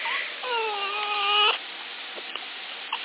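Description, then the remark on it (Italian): A dog whimpers once: a drawn-out, high-pitched whine lasting about a second, steady with a slight waver, followed by quiet with a couple of faint soft sounds. “Mi ha silenzio il cane, aspetta che lo porto giù a fare la pipì.”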